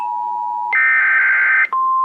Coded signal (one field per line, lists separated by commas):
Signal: Emergency Alert System (SAME) tones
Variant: header bursts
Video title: TFT EAS 911I In Action!